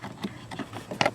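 While reinstalling the glovebox after a cabin air filter change on a 2015 Nissan Sentra SL, a plastic clip on the glovebox or its damper arm is pushed back onto its dashboard mount. Soft handling rustles and light taps lead up to a sharp, bright snap at 1.0 s, followed by a quieter tick. The clip seats and snaps back on.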